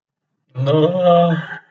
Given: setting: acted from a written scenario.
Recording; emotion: vocal sound without words; sadness